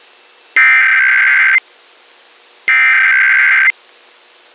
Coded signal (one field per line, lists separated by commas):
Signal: Emergency Alert System (SAME) tones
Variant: header bursts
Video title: National EAS Test Roundup - 8/11/2021 Minneapolis/St. Paul [AUDIO FIX REUPLOAD]